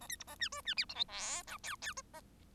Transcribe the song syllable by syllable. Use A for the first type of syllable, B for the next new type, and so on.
A B C A D E D F G H I J K K